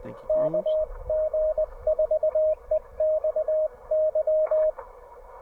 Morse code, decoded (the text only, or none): KG4EXY